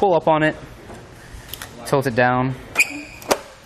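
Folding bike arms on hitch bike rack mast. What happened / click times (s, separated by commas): The folding metal arm locked into place / 3.3 s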